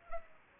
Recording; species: mosquito wingbeat signal from an infrared sensor; Culex pipiens